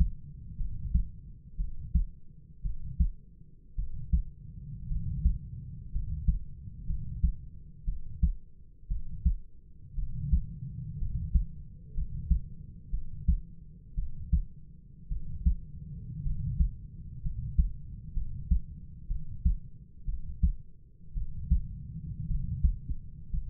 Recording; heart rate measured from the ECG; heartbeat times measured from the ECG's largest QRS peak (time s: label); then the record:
heart sounds by stethoscope; 58 bpm
0.57 s: heartbeat
1.57 s: heartbeat
2.62 s: heartbeat
3.76 s: heartbeat
4.88 s: heartbeat
5.92 s: heartbeat
6.86 s: heartbeat
7.85 s: heartbeat
8.88 s: heartbeat
9.95 s: heartbeat
10.99 s: heartbeat
11.94 s: heartbeat
12.91 s: heartbeat
13.95 s: heartbeat
15.09 s: heartbeat
16.23 s: heartbeat
17.22 s: heartbeat
18.14 s: heartbeat
19.08 s: heartbeat
20.06 s: heartbeat
21.14 s: heartbeat
22.28 s: heartbeat
23.30 s: heartbeat
From the record:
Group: healthy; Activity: rest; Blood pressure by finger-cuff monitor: 98/51 mmHg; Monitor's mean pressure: 63 mmHg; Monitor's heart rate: 58 bpm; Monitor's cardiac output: 5.1 L/min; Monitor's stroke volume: 86 mL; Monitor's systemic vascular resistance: 860 dyn s/cm5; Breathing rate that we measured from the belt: 11 breaths a minute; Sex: male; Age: 25 years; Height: 170 cm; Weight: 70.4 kg